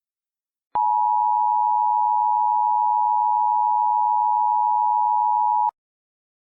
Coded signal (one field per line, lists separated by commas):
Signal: Emergency Alert System (SAME) tones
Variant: 853 and 960 Hz attention tone